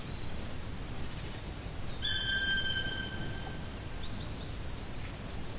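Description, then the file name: Black woodpecker uttering a single long, flat, plaintive whistled call, set against persistent low background noise. "patrick franke-schwarzspecht-black woodpecker-dryocopus martius"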